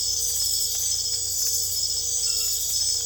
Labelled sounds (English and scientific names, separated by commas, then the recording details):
none
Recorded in secondary vegetation near Puerto Asís, Putumayo, Colombia, on 22 December 2024 at 22:30
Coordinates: 0.488, -76.319
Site GP04